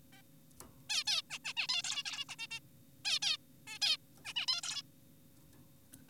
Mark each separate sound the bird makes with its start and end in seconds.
0.13-0.22, 0.90-1.04, 1.07-1.22, 1.30-1.38, 1.45-1.54, 1.57-1.67, 1.69-1.82, 1.84-2.03, 2.06-2.25, 2.29-2.36, 2.39-2.47, 2.51-2.60, 3.05-3.19, 3.22-3.37, 3.67-3.79, 3.82-3.97, 4.25-4.33, 4.36-4.46, 4.48-4.61, 4.63-4.82